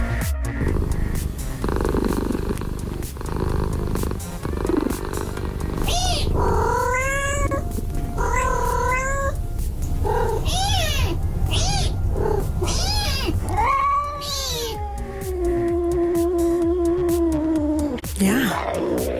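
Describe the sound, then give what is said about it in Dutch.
A cat gives a series of rising and falling meows, ending in one long drawn-out wail, over a steady low purring rumble that runs throughout. “Wie houdt er nou niet van een kattenfilmpje?”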